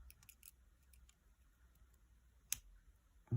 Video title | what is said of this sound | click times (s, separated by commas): Halloween Necklace & Earrings using 2023 @Bargain Bead Box | Did you hear that click? I like to hear it click so I know it's done properly. | 2.5 s